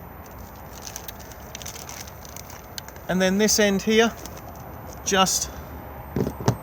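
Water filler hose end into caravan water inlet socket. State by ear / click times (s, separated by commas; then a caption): seated / 6.5 s. The end of a water filler hose is plugged into a caravan's water fill socket, where it clicks in and then slides down to lock into place. Someone talks over faint outdoor background and a few small taps, and then a sharp plastic click at 6.5 s marks the connector seating.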